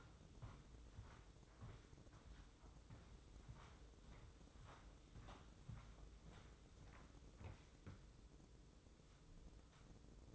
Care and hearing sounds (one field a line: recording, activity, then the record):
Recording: daily activity, microphone in the room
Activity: walk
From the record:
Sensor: 3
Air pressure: 995.9 hPa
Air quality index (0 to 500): 248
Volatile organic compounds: 1000 ppm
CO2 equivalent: 6355 ppm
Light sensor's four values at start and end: 43/105/46/50 and 42/103/45/48